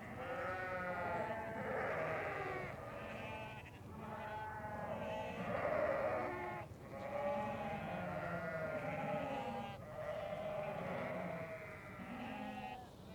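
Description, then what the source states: Sheep flock bleating: waves of overlapping wavering bleats with short pauses between surges. Sheep sounds used in a composition, Galerie Bernd Klüser, 1986.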